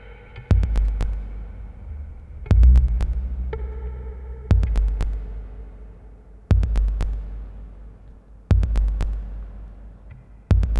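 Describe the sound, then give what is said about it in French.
A washing machine at home hums with a steady low drone, while heavy thuds from the tumbling drum land in clusters about every two seconds. No voices. “La machine à laver vrombrit et le frigo dégivre, ce sont les bruits que je préfère.”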